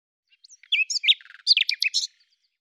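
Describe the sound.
Bird song: one brief, dense phrase of chirps, buzzy notes and slurred whistles, about one and a half seconds long.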